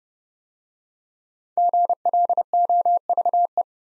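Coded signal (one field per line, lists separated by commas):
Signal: Morse code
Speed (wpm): 30 wpm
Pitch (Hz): 700 Hz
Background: none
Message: GLOVE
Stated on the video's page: Morse drill at 30 wpm of 5-letter words, each sent, spoken, then sent again.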